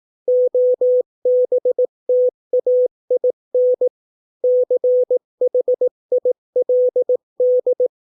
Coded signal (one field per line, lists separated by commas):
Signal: Morse code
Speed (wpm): 18 wpm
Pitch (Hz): 500 Hz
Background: none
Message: OBTAIN CHILD